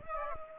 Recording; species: mosquito wingbeat signal from an infrared sensor; Aedes aegypti